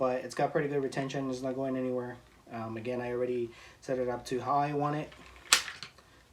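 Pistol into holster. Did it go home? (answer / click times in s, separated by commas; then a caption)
yes / 5.5 s. Someone talks while a pistol is pushed into a We The People Freedom Platinum polymer (kydex-style) holster, its retention already set the way they want it. A sharp click at 5.5 s marks the pistol seating in the holster's retention, confirmed.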